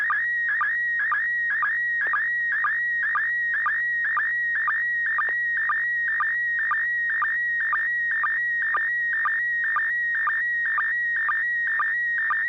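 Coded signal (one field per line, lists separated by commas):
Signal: SSTV (slow-scan television)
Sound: steady warbling tone near 1.9 kHz with rhythmic low chirps about twice a second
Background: low hum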